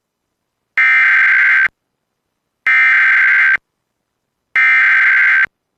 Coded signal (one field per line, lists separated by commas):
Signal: Emergency Alert System (SAME) tones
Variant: header bursts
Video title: I'm Back! WDFA Capture #1 Double Header! (EAS#27-28)